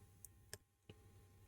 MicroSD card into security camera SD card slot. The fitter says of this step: in the card until it clicks,